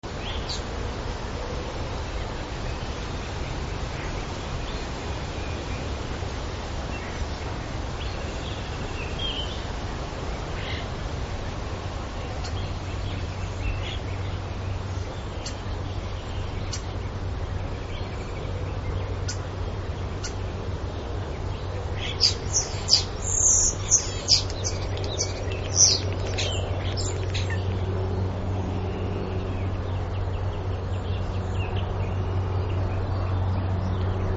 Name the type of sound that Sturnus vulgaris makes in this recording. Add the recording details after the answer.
song. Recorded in the wild. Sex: male. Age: adult. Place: Karower Teiche, Naturpark Barnim, Berlin, DE. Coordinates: 52.6222, 13.4597. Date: 1993-05-12. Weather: clear, 25°C. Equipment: Aiwa HD-S1, Sennheiser MKH 70. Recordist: Frommolt, Karl-Heinz. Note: Gesang unmittelbar im Anschluß an die Nachtigallaufnahme